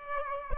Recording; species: mosquito wingbeat signal from an infrared sensor; Aedes aegypti